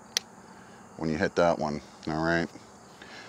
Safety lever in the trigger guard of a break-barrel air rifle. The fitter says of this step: this one's a little beefier than than the normal ones like you can hear the audible click